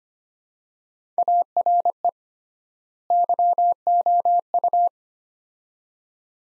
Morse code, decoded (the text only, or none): ARE YOU